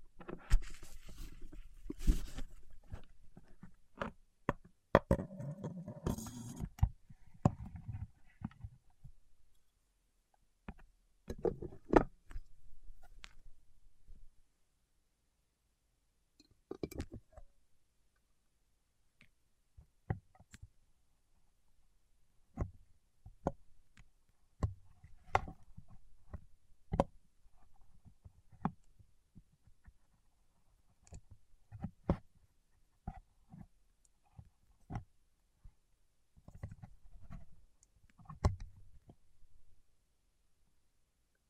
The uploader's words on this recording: ASMR with Wax Fingertips for Sleep (No Talking).